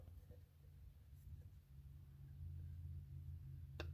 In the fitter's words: Yep, that one I heard the click.